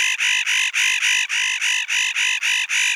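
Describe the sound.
Spotted nutcracker giving harsh, nasal rasping calls in a rapid, even series, about eleven grating notes in three seconds, with no other sounds.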